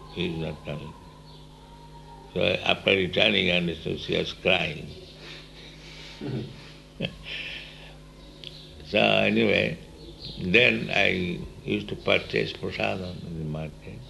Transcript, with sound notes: He is not coming back." So after returning I understood she was crying. [laughs] So anyway, then I used to purchase prasādam in the market.